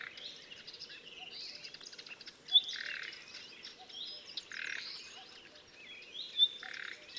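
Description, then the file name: Common nightingale singing: a couple of bright whistles and several harsh buzzy churrs over a busy background of high chirps and trills. "Luscinia megarhynchos"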